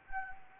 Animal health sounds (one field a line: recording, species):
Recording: mosquito wingbeat signal from an infrared sensor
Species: Anopheles gambiae